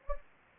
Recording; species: mosquito wingbeat signal from an infrared sensor; Anopheles gambiae